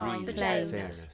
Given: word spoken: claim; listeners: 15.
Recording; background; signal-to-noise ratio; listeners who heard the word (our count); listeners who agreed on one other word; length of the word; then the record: one English word in noise, from a listening test; four-talker babble; -0.1 dB; 0 of 15; 6 of 15; 0.74 s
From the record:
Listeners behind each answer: 6, 3, 1, 1, 1, 1, 1, 1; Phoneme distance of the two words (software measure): 54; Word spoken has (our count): 1 syllable, 4 phonemes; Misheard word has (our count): 2 syllables, 6 phonemes, stress on syllable 2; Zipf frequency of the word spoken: 4.68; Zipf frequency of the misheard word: 4.63